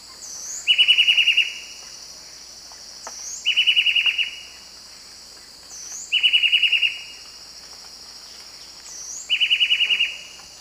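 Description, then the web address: White-breasted wood wren song: short rattling bursts of rapid notes, each about a second long, repeated roughly every three seconds over a steady high insect drone. Song; South America, eastern lowlands. "Natures Songs S America Eastern Lowlands Henicorhina leucosticta, song"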